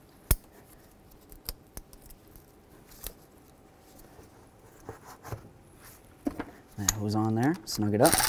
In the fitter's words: Connect in your electrical connectors, press, listen for a click, make sure you lock it down.